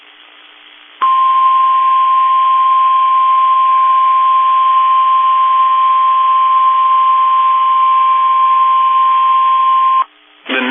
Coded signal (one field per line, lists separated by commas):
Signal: Emergency Alert System (SAME) tones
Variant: 1050 Hz attention tone